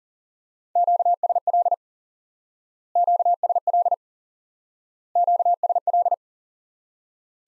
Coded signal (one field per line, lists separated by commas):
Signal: Morse code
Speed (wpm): 40 wpm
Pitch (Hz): 700 Hz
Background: none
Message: QSL QSL QSL